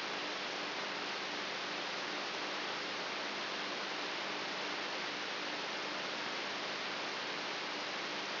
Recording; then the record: brain microelectrode recording played as sound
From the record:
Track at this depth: inside the subthalamic nucleus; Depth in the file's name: 4.64 mm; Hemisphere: right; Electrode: 3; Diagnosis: Parkinson's disease